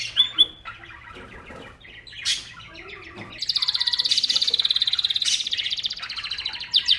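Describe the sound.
Songbird giving scattered soft chirps and a few sharp high notes, then a sustained rapid trill.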